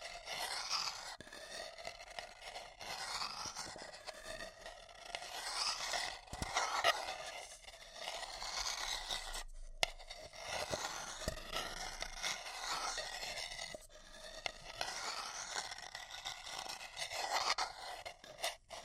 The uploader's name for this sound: Paper Cup Tingles